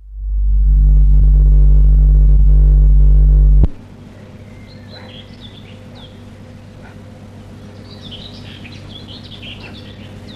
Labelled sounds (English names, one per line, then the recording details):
European Pine Marten mating call
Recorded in the wild
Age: adult
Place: Lewitz, Mecklenburg-Vorpommern, DE
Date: 1965-05-21
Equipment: Grundig TK 4, BG 20/6 - 19 cm/s
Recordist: Schubert, Michael